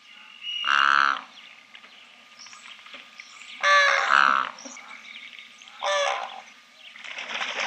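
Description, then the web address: Greater flamingo honks: three loud, nasal, harmonic honks over a quieter background of other calls. "Schulze Peter Greater Flamingo"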